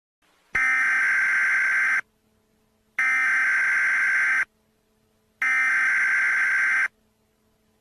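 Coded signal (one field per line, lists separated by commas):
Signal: Emergency Alert System (SAME) tones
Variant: header bursts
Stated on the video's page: Fictional nuclear attack EAS scenario, not a real alert.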